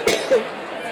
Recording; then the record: coughing mixed with background sound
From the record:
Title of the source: 60 coughing still (deep and wet cough)